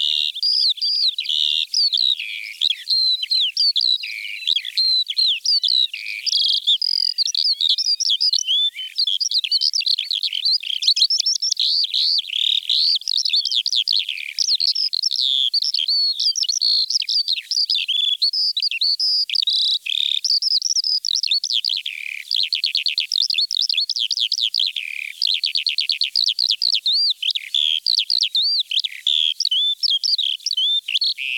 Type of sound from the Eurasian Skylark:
song